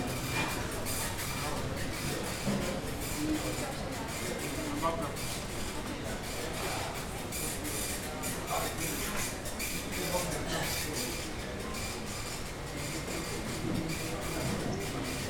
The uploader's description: Vienna Airport Boarding, ambient environmental noise